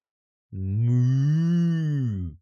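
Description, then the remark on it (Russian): A single long, low cow moo rises slightly and then trails off over about two seconds. It is loud and steady, with a deep droning tone and no other sounds. “Сказала довольная собой корова.”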